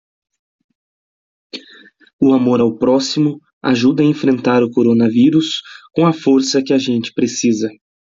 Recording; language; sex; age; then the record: spoken sentence; Brazilian Portuguese; male; 20 to 29 years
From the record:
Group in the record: control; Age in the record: 26 years